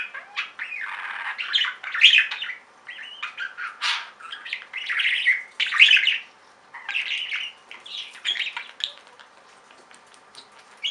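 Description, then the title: Budgerigar chatter: scratchy, buzzy warbling bursts and short squawks, repeated in quick runs with brief pauses. "Budgie Sounds"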